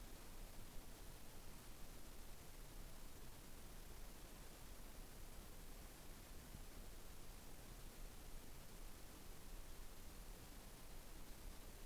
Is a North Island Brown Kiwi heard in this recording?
no